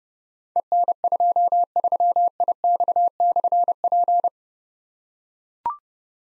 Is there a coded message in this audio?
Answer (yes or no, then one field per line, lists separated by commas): yes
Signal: Morse code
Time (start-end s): 0.6-4.3 s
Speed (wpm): 28 wpm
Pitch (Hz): 700 Hz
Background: none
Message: EN23IX/P